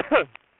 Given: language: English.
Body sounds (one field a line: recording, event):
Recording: throat vibration sensor signal played as sound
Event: cough